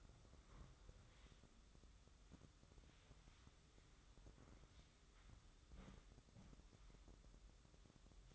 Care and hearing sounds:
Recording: daily activity, microphone in the room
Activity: wipe stove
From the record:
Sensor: 3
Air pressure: 996.0 hPa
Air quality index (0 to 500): 92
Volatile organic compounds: 11 ppm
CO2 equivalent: 2296 ppm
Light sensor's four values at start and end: 28/85/36/31 and 29/88/37/32

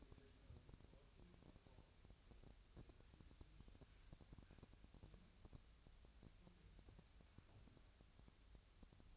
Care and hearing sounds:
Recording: daily activity, microphone in the room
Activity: wipe stove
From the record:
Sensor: 2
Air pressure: 1003.2 hPa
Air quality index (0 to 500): 202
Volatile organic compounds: 6 ppm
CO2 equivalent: 1920 ppm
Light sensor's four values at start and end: 7/16/7/7 and 7/16/7/7

